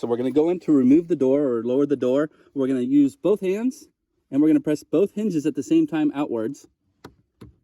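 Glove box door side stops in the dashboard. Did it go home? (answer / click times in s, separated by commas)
released / 7.1 s, 7.4 s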